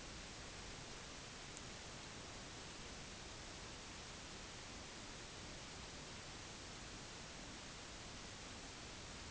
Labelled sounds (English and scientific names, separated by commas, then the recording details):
none
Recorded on Arctic tundra, site NAIT-1, on 30 June 2019
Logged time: 06:00